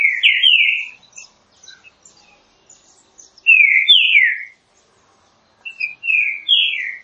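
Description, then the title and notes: Green-winged saltator song: rich, slurred whistled phrases, each a quick run of three or four falling notes, given about every three seconds; soft high twitters in the gaps. Classic song style (canto clássico) of the green-winged saltator, offered as training material. "Canto Clássico Trinca Ferro TREINAMENTO. trinca fero"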